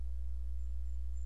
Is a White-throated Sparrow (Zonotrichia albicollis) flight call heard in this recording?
no